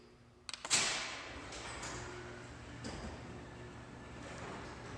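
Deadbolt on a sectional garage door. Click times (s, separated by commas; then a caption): 0.5 s. The small door opener is triggered and the electronically controlled metal deadbolt on a sectional garage door pulls back with a sharp pop at 0.5 s, followed by quick clicks. A louder broadband burst then gives way to a steady low hum as the panels start to rise. The bolt disengages and the door is released.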